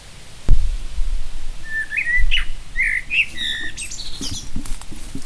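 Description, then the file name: Common blackbird song: a sharp knock, then a run of rich fluted notes that break into a thin, scratchy, high twittering flourish, with low background rumble. "Turdus merula"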